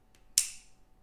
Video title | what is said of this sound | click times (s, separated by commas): MRFL-MC 4 in 1 Flashlight by CAA | and you're locked in good to go so | 0.4 s